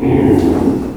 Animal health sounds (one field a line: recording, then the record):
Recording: squeal of a Yucatan mini pig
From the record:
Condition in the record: before surgery on the right vocal fold (resection and tissue-engineered implant)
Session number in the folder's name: 1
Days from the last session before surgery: -3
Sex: male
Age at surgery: 12 weeks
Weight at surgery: 13 kg